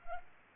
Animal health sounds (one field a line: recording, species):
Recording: mosquito wingbeat signal from an infrared sensor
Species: Culex pipiens